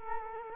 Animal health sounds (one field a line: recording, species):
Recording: mosquito wingbeat signal from an infrared sensor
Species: Culex quinquefasciatus